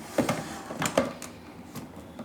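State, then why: Not seated. A capped pint in its outer bowl is handled and placed into a Ninja Creami ice cream maker, giving a few sharp knocks at about 0.2, 0.3, 0.9 and 1.0 seconds, followed by quieter handling noise. Nothing has seated or clicked into place yet.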